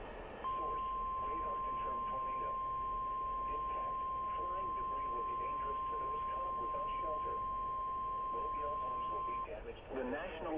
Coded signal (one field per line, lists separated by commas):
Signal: Emergency Alert System (SAME) tones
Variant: 1050 Hz attention tone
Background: speech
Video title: EAS 1459: NWS Birmingham Tornado Warning